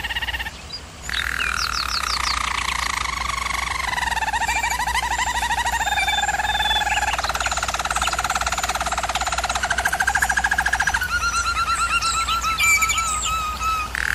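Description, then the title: German Roller canary song: continuous rolling trills and tours shifting between low and higher pitches, with fast rattled passages and sustained warbled rolls. German Roller canary singing, for canary training. "German Roller Canary Singing - Canary Training Vid"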